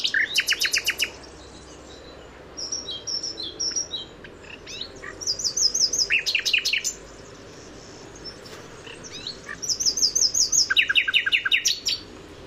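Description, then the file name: Common nightingale song: separate phrases of rapid repeated high notes, buzzy trills and clear whistles, split by short silences. "Luscinia megarhynchos"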